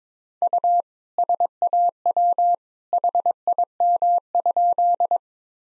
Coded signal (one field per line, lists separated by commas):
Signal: Morse code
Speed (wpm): 21 wpm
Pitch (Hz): 700 Hz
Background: none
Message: U SAW HIM?